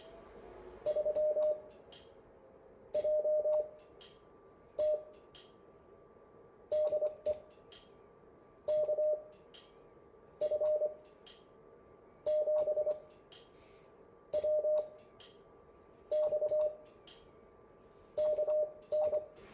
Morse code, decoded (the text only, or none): 3JT DE KF7WX KN